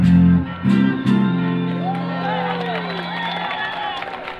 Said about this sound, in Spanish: Qué bien, muchas gracias por esos aplausos. Ese es el mejor estímulo para nosotros los artistas.